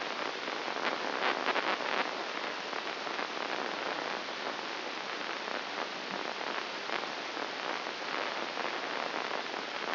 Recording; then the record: brain microelectrode recording played as sound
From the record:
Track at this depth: inside the subthalamic nucleus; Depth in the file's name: 5.101 mm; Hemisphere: left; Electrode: 2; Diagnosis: Parkinson's disease